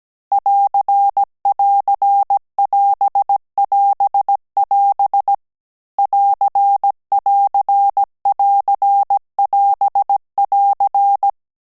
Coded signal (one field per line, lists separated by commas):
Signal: Morse code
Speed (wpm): 17 wpm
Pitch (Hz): 800 Hz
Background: none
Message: <AR><AR><AS><AS><AS> <AR><AR><AR><AS><AR>